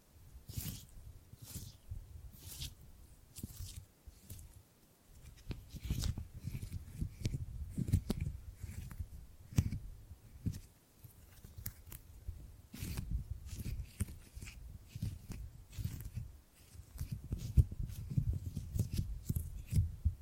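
Tingly gripping and grabbing sounds: repeated soft rubs and crinkly scrapes with low thumps, arriving in irregular bursts throughout, with brief pauses.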